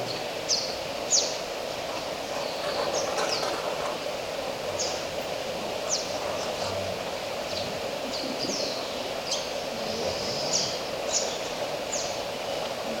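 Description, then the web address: Oilbird calls: many short high squealing notes scattered through, with occasional clicks and a steady droning hum underneath. "sound Oilbird. صدای-مرغ-روغنی"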